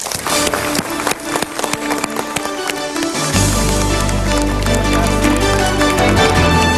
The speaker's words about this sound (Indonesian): Kita berikan tepuk tangan yang meriah untuk Bapak Mario Teguh.